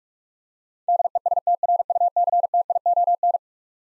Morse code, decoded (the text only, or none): DESTRUCTION